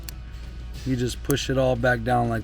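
A plastic terminal pin lock on a wiring harness plug, used during a Toyota MRS manual swap, is pushed back down into the connector body after terminal pins are removed and inserted. A sharp, short click at 0.1 s marks the lock seating, and then someone talks.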